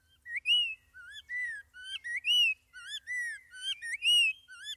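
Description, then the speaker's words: Spot-breasted oriole song, clear rich whistled phrases, slurred up and down, delivered in short varied bursts with brief pauses. Described as a sweeter voice; found in suburban neighborhoods around southeast Florida; first brought to Florida from Central America in the 1940s. "A sweeter voice belongs to the spot-breasted oriole."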